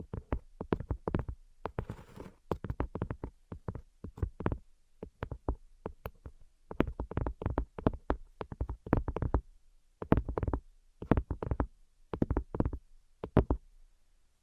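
Soft invisible tapping comes in quick clustered bursts of muffled knocks, dense and fairly dull. The taps arrive in uneven groups with short gaps, and a brief hissy scratch appears around two seconds in.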